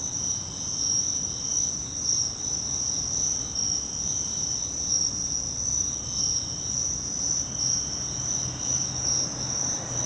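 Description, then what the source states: Crickets chirping in a dense, steady high-pitched chorus, a continuous shimmering trill with no pauses, over a faint low background hum. Crickets, more than one, in Virginia.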